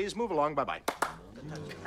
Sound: soundbite of claps; Soundbite of people murmuring in Chinese

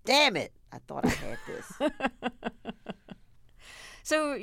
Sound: laughter

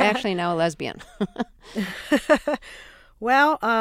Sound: soundbite of laughter

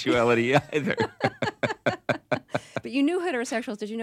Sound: laughter

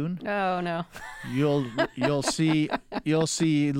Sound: laughter

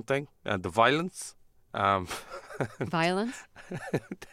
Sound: laughter

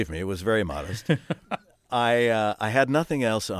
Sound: soundbite of laughter

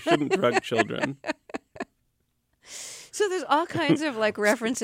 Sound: laughter

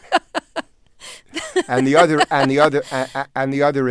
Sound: laughter

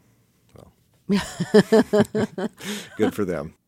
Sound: laughter

